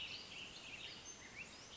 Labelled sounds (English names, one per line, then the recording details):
Western Flycatcher
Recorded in Sonoma County, California